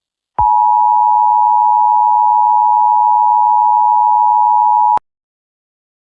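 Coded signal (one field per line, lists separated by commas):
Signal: Emergency Alert System (SAME) tones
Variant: 853 and 960 Hz attention tone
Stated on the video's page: Simulated EAS scenario.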